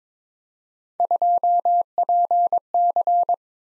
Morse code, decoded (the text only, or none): 2PC